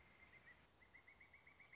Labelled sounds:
Pileated Woodpecker
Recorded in Sonoma County, California

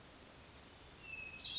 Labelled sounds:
Hermit Thrush
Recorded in Sonoma County, California

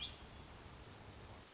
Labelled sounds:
Hermit Thrush
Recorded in Sonoma County, California

